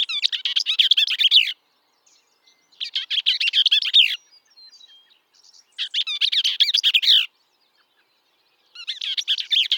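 Bell's vireo song: rapid, scratchy, jumbled warbled phrases about a second long, given roughly every three seconds with silent gaps between.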